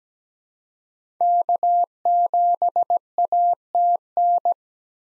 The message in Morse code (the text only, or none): K7ATN